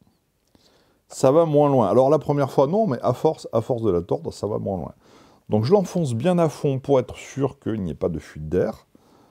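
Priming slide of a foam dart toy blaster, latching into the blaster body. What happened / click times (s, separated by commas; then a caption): The part is handled but not yet latched; no seating click / none. A man talks while handling a Nerf AccuStrike Series FalconFire foam dart toy blaster, pushing a foam dart fully into the barrel so no air leaks before bringing the plastic priming slide forward to latch into the blaster body. Only two faint ticks near 0.5 s are heard under the quiet start, and nothing has seated or clicked yet.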